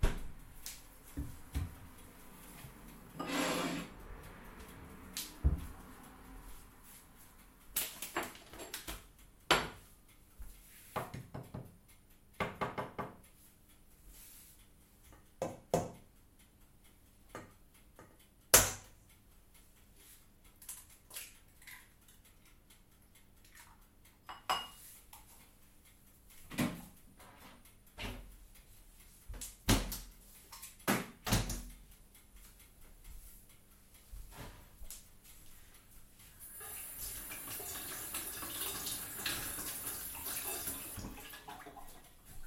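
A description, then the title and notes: Early morning in a bakery: sharp clinks and knocks of utensils and dishes come irregularly every few seconds over a quiet low hum. Near the end, from about 37 seconds, a steady hiss like running water fills the room. Early morning Valencian bakery ambience. It's 04:30 AM in one of Valencia's oldest bakeries, Forn Desamparats. The bakery assistant begins preparations before opening at 06:30 AM. The baker meticulously measuring ingredients, the kneading of dough, and the clinking of baking utensils. Recorded by Carlos Berrizbeitia.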